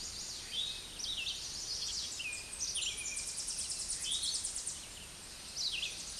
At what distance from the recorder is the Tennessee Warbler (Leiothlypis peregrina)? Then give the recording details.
about 25 m. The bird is about 15 m above the microphone. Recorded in a Pennsylvania forest on 16 May 2024 at 07:17. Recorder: AudioMoth, point MSD-2367. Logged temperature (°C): 16.0 °C. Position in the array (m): 158 m, 218 m